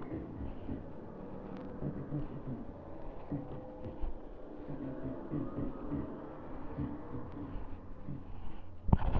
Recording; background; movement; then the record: laughter; traffic; walking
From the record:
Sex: male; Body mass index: 23.7 kg/m2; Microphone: on the chest, facing the body